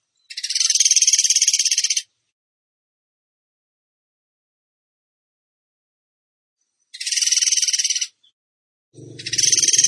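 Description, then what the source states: Bird song in short buzzy trilled bursts separated by a long silence, with a low rumbling noise joining the final burst. Masteran (training) song in the 'tembakan gacor' style.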